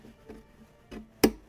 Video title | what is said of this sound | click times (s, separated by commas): Lurching Woman 2025 from Haunted Hill Farm – Halloween Animatronic Unboxing | We can hear it click in right there. | 1.2 s